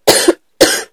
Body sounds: coughing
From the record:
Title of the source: 55 gaggy wet cough

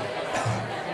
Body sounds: coughing mixed with background sound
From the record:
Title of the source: Cough Around the Clock!

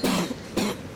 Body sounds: coughing mixed with background sound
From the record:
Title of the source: 60 coughing still (deep and wet cough)

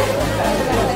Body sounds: background sound without coughing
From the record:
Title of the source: Nightlife Party Simulating Party Club Noise 1 Hour

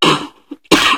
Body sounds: coughing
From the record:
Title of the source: 64 coughing, allergies, singing lungs

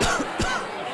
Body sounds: coughing mixed with background sound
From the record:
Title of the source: Coughing 51

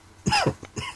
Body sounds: coughing mixed with background sound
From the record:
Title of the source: Dry Coughing Fit in the Afternoon.

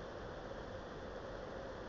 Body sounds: background sound without coughing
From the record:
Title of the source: wind

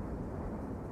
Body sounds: background sound without coughing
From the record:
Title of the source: Train Ride Ambience ambient white noise for sleeping, focus, studying, reading

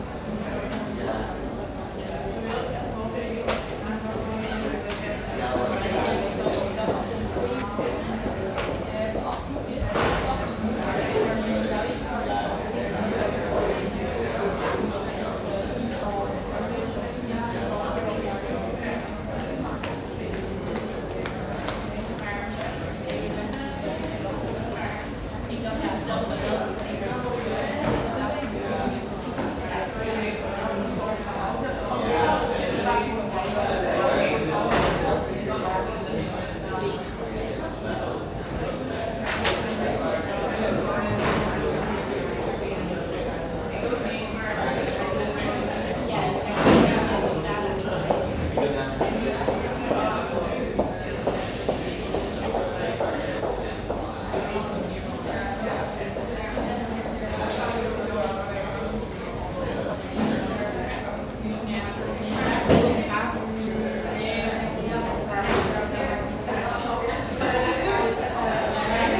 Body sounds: background sound without coughing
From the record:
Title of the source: 40 min - Ambience sounds UNIVERSITY lunchroom chatting

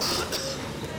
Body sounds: coughing mixed with background sound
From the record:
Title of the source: November cold (wet coughing)

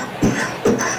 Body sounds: coughing mixed with background sound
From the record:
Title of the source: Spring Cold Coughing 3

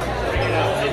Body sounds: background sound without coughing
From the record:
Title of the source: CITY SOUNDS Busy Bar in the Evening Night - 2 HOURS of Ambiance for Relaxation

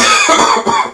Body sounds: coughing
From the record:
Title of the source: Spring Cold Coughing 2

